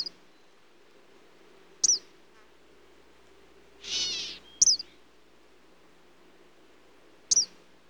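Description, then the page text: Eastern kingbird uttering brief high, sharp call notes at irregular intervals of about two to three seconds, interrupted by a soft noisy rushing burst; low steady hum behind. "Eastern Kingbird Calls. Quick Sounds"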